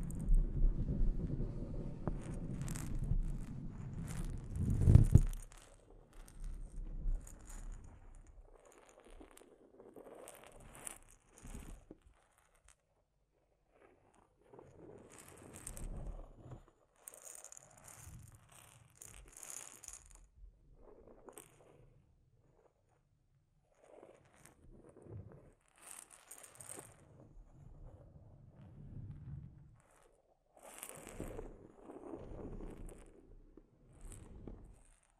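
Delicate scratching and tapping on a microphone, with a low rumbling rub in the first five seconds ending in a sharp knock. After that come sparse, irregular bursts of soft scraping and crisp tapping, separated by quiet gaps, with bright hissy scratches recurring throughout.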